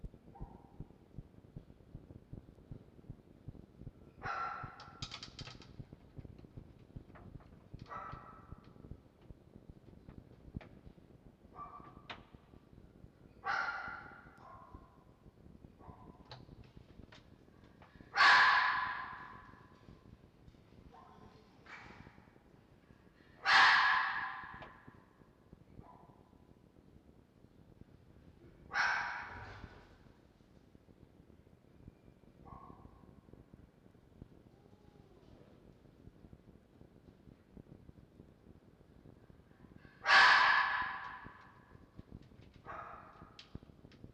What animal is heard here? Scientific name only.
Vulpes vulpes